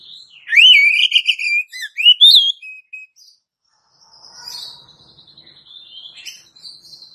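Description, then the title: Oriental magpie-robin song, a loud whistled warbling phrase with rising and falling notes, followed by quieter high twittering. "Kacer"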